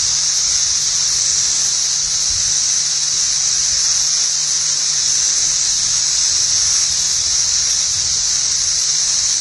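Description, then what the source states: Periodical cicadas in a dense, unbroken chorus: a steady, high, hissing drone that holds at an even loudness throughout, with a low hum underneath. A cluster of 17-year cicadas calling in trees.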